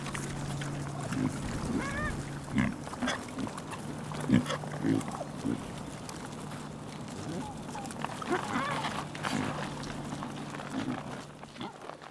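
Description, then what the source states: Pig grunts, short and low, scattered irregularly through a steady low hum, with a few higher squeaks and soft crunching. Piglets eating vegetables.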